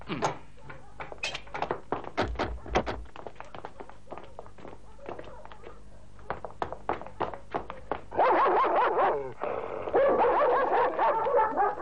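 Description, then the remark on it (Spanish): Dogs bark in a rapid run of sharp, repeated yaps mixed with knocking thuds, then the barking swells into a louder, denser chorus over the last few seconds. “¡Tiene perros!”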